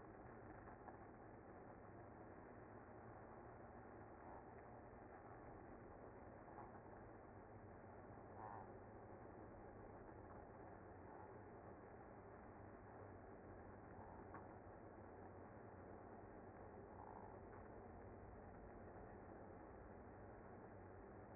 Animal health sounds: honeybee colony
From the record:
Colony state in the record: active

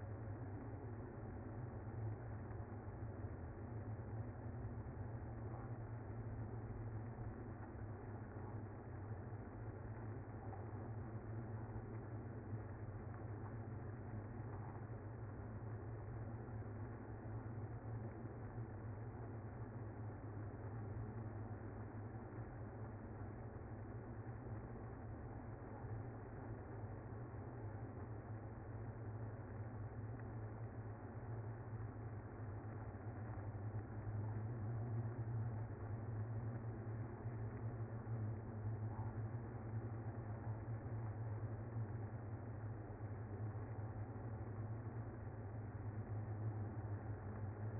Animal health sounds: honeybee colony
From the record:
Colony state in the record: active

